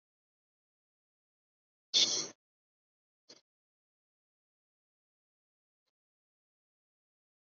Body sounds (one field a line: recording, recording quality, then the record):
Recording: shallow breathing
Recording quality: moderate, slight background noise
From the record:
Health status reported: healthy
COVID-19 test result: not tested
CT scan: not taken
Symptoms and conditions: none ticked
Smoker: no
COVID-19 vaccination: both doses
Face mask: worn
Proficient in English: yes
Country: India